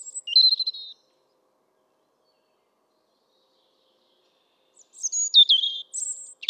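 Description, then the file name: European robin song: a short high trilled phrase at the start, a long pause, then a second phrase of sliding whistles and thin high notes. "Erithacus rubecula"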